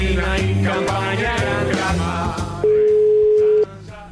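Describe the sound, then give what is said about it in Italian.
A telephone dial tone sounds as one steady, loud, low-pitched beep lasting about a second as the staff of La Zanzara call a caller back, following a busy stretch of layered music and clattering sounds. “richiamatelo questo imbecille”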